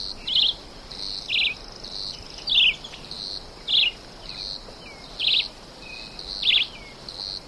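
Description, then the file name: Red-eyed Vireo singing brief varied phrases roughly every second, with a continuous insect chorus behind. "chivicomun"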